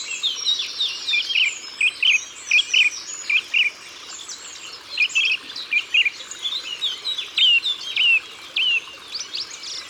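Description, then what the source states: Eurasian blackcap song, loud fluty whistled phrases in quick succession over constant twittering from other birds. Ardèche, France.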